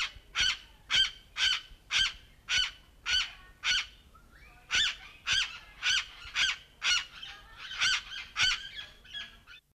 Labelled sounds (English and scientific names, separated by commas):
Blue-naped Parrot (Tanygnathus lucionensis) call